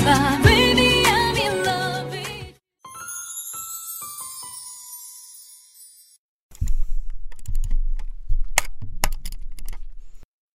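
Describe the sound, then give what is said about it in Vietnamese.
A swell of music and a shimmering, tinkling chime run give way to several seconds of quick, uneven computer keyboard typing and sharp mouse clicks over a low hum, with no voices, as a note is posted online. “Nhấn chuột, post cái nốt đầy mùi trách móc lên Facebook.”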